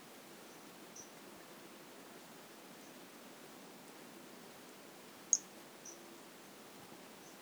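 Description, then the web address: White-lined pumpkin toadlet giving short, high, piercing notes, mostly faint and scattered, with one sharp louder chirp late on, against quiet background hiss. Recorded in 2018. "2018 Brachycephalus albolineatus"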